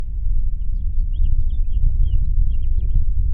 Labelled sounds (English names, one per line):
House Finch song